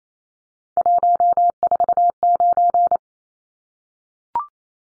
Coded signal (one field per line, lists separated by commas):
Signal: Morse code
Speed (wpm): 28 wpm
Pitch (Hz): 700 Hz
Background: none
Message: 149